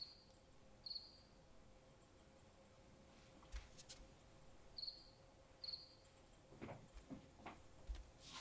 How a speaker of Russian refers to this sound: Из слива ванны выползает сверчок.